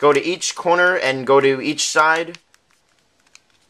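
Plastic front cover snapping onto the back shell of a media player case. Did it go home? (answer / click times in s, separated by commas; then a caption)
yes / 2.5 s, 3.4 s. Someone talks while the clear front cover of a hard plastic crystal case is lined up with the edges around an iPod Touch and pressed at each corner and side onto the back shell. After the talking stops, small, quiet plastic snaps are heard at 2.5 s and 3.4 s as the cover snaps on and seats.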